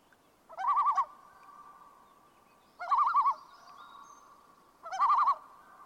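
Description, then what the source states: Common Loon giving a quavering tremolo, three fast, wavering bursts about two seconds apart, each with a trailing steady tone. Tremolo call, which seems to be used to express alarm or distress.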